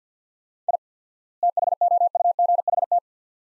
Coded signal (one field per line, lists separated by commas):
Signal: Morse code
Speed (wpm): 45 wpm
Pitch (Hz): 700 Hz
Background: none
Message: I THOUGHT